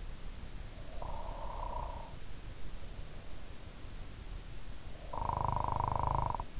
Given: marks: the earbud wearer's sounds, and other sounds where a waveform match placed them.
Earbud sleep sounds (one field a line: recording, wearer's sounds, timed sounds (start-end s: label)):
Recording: sounds in sleep by an in-ear microphone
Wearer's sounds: snoring breath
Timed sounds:
0.60-2.20 s: snoring breath
4.94-6.60 s: snoring breath